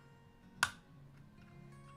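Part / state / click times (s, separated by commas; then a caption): plastic construction brick onto model assembly / seated / 0.6 s. A plastic construction brick is pressed onto a model assembly and snaps into place with one sharp click at 0.6 s, then quiet fades in. The brick seats.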